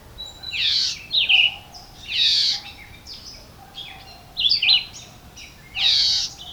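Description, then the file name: Red-eyed vireo uttering three rough, nasal, slurred mew calls, mixed with quick twangy higher notes. "red-eyed vireo call by patrick blake"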